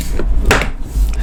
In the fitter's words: They click into place.